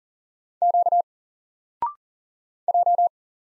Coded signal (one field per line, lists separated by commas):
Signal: Morse code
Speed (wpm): 40 wpm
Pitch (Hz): 700 Hz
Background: none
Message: Q J